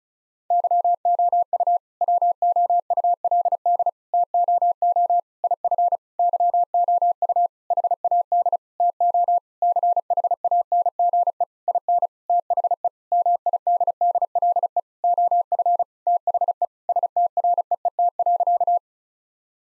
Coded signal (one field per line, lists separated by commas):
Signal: Morse code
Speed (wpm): 34 wpm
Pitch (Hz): 700 Hz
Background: none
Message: YOU WOULD TOO IF YOU HAD TO CHANGE IN THE MIDDLE OF THE STREET.